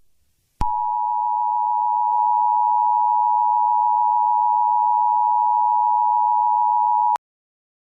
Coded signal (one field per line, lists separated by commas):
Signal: Emergency Alert System (SAME) tones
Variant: 853 and 960 Hz attention tone